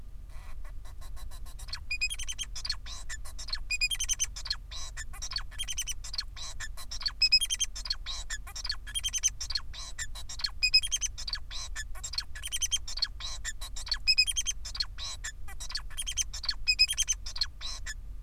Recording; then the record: song of a male Bengalese finch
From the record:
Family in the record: son of father 4